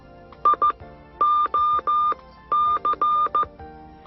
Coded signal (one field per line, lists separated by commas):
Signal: Morse code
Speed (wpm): 14 wpm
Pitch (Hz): 1200 Hz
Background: none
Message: I O C